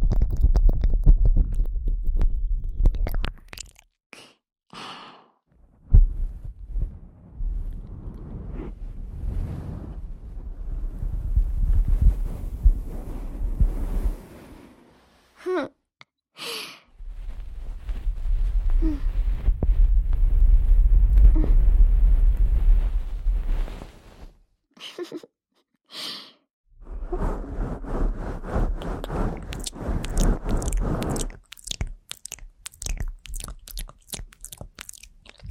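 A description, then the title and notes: Breathy ear triggers: long airy exhales and soft rustling swells alternate with brief silences, ending in a run of sharp crackly clicks. ASMR Ear Breathy Triggers.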